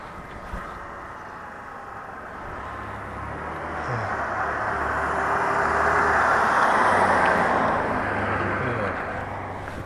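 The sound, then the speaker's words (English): A Lincoln car drives along with a steady rumble of road noise and a low engine hum that shifts in pitch, swelling louder toward the middle before easing off slightly. “Lincoln. This is such a nice car.”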